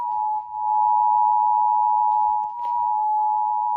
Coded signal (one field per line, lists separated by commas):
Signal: Emergency Alert System (SAME) tones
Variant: 853 and 960 Hz attention tone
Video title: LAST DAY OF SCHOOL TESTS… (6/7/23) EAS 1043-1045